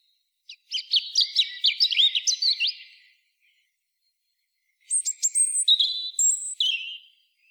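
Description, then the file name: European robin song in two bursts, each a rapid tumble of high, thin, wavering notes and sweet whistles, separated by a silent gap of nearly two seconds. "Erithacus rubecula"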